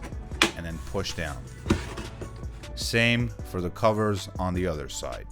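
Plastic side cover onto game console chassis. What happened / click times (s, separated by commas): The plastic cover snapped into place / 0.4 s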